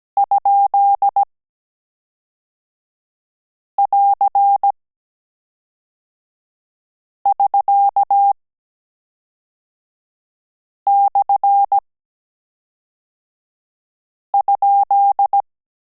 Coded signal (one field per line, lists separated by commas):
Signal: Morse code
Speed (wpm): 17 wpm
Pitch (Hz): 800 Hz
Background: none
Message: ?<AR><SK>/?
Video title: Morse Code - AR and AS - Last Lesson 18 – End of Course